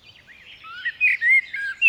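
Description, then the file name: Common blackbird singing: a short, mellow phrase of warbled, sliding notes. "Merle noir"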